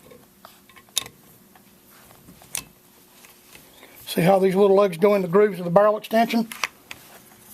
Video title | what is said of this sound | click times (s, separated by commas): Gunsmithing Disassembly Browning 1919 Machine Gun Disassembly and Reassembly (Gunworks) | turn your little accelerator up and it's going to lock just like this | 1.0 s